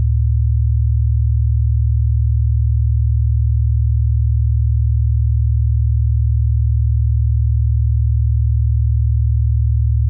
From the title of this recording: 40Hz Binaural Beats